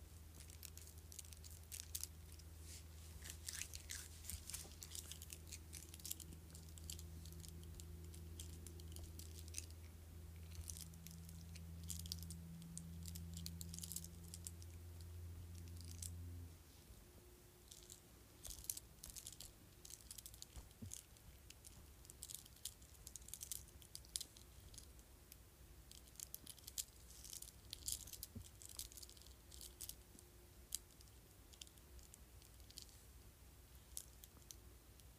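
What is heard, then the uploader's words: Beads of a bracelet click and rattle in a dense, uneven stream of crisp, bright taps that continues for the whole time. A low steady hum sits underneath for the first sixteen seconds or so, then cuts out, leaving the clicking alone. ASMR Bead Bracelet.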